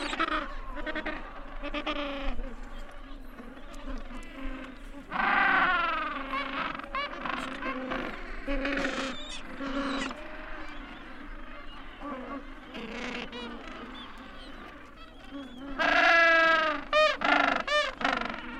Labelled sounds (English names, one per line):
Gentoo Penguin call